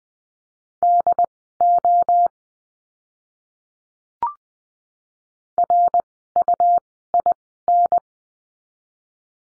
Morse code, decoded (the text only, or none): DO RUIN